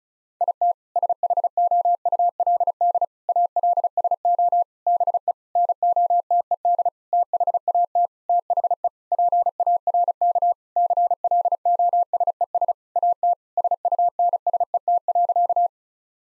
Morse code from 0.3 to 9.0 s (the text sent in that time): IT SHOULD ALSO BE NOTED THAT THE